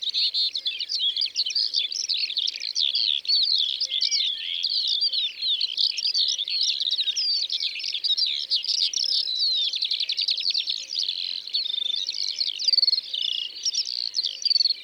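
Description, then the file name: Eurasian skylark singing a long, continuous, high, bubbling warble of quick chirps, trills and buzzy notes with no pauses. Drôme, France. "Alouettes des champs Concerts Naturels de la Drome Studio les Trois Becs"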